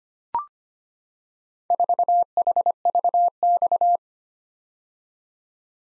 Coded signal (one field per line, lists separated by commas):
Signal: Morse code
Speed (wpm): 25 wpm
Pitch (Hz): 700 Hz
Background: none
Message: 4HVX